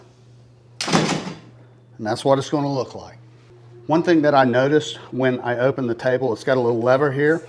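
As an Office Star folding table is unfolded after its clasp is slid up, the locking lever on the center hinge snaps into place at 0.8 s with one sharp, loud click that locks the table open. Someone then talks.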